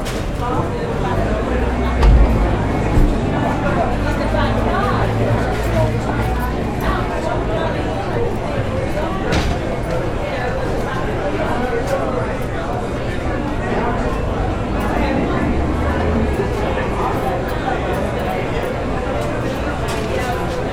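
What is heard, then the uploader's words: Steady pub bar noise: many overlapping voices talking at once in a dense, unbroken murmur. Low rumbling thumps stand out near two and three seconds, with a brief sharper knock around nine seconds, while the chatter holds at an even level throughout. LOCAL PUB • The Bar Sounds White Noise Machine.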